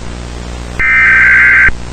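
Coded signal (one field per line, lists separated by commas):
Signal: Emergency Alert System (SAME) tones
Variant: header bursts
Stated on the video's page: Simulated EAS scenario, not a real alert.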